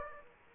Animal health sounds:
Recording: mosquito wingbeat signal from an infrared sensor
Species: Aedes aegypti

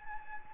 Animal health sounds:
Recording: mosquito wingbeat signal from an infrared sensor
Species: Anopheles gambiae

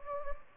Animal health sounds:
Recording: mosquito wingbeat signal from an infrared sensor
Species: Anopheles gambiae

